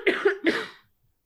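Two quick, harsh coughs in a row from an adult woman who is recovering from a cold and still clearing mucus from her lungs.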